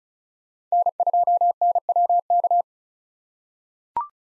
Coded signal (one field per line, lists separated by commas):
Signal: Morse code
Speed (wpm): 34 wpm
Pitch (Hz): 700 Hz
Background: none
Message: N2NWK